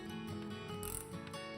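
A torque tool with a 5 mm hex key tightens the metal post pin of an Eightpins NGS1 bike seat post to about 8 Nm. A steady ratcheting, mechanical sound runs throughout. The tool clicks at its setting in a quick cluster at 0.8 s, 0.9 s and 1.0 s, reaching the target torque.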